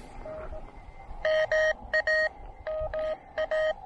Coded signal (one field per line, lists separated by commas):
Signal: Morse code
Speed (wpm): 17 wpm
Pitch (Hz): 620 Hz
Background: none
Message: N MA MA